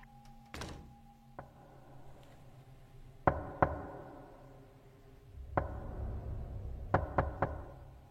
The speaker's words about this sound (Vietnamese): Ánh mắt nhìn đăm đăm ra, thì lại nghe có tiếng gõ cửa vang lên. Âm thanh gõ cửa, ba tiếng một, nghe đanh và rõ lắm.